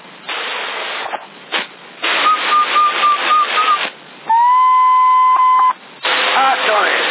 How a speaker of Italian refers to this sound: Aspetta, mi sta squillando il telefono.